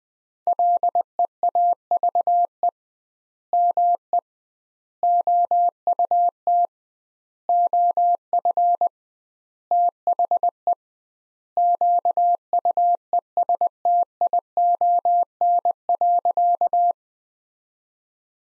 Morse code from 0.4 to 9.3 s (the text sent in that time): LEAVE ME OUT OF